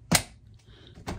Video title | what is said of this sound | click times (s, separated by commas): YITAHOME Shoe Box Unboxing and Review | listen for the snap now it's together | 0.2 s